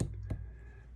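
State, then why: Seated. A wheel axle for a model train truck is pushed into the plastic truck frame and snaps in with a sharp click at 0.0 s, followed by a softer tick at 0.3 s over a low steady hum. The axle is seated in the frame.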